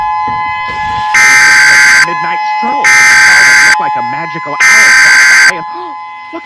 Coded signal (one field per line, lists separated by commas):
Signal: Emergency Alert System (SAME) tones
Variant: header bursts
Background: speech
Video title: EAS Mock - Christmas Hijackings (for @JackVR_75)